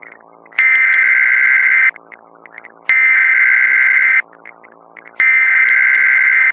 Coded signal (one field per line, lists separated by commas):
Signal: Emergency Alert System (SAME) tones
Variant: header bursts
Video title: | EAS Scenario - Blackout | Analog Horror.